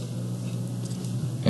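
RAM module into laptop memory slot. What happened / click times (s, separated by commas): The memory module snapped into its slot / 1.5 s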